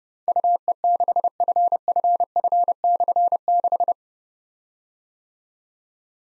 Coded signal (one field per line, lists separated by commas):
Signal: Morse code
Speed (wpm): 28 wpm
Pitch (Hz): 700 Hz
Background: none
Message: UE6FFF/6